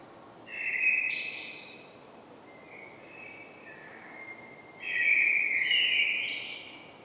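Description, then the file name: Common blackbird song, several fluted warbling phrases with thin high flourishes, a loud one near the start and another from about five seconds. "Turdus merula"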